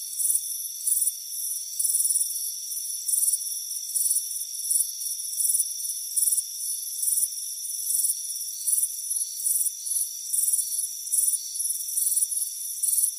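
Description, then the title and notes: Steady cricket chirping: high trilled pulses repeating rhythmically over a constant faint high tone. "Soothing Crickets Chirping Sound. It's a warm afternoon as you relax in a hammock on the front porch. Deep Sleep Sounds"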